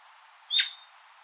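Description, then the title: Atlantic royal flycatcher gives a single sharp, clipped call note over faint steady hiss. "LuckyPassaro Completos2Sama. Atlantic Royal Flycatcher (Onychorhynchus swainsoni)"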